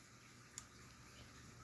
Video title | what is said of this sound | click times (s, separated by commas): SONY ZV-1F Digital Camera vlogging - streaming - podcast camera & Tripod unboxing | okay did you hear that little click close your door | 0.6 s